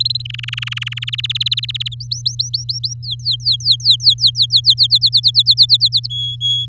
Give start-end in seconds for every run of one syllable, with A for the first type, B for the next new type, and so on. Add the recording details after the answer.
0.00-0.22 A, 0.25-0.99 B, 1.02-1.95 C, 2.00-2.94 D, 3.03-4.74 E, 4.77-6.08 F, 6.10-6.66 G. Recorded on 7 May 2018 at 16:32. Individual llb16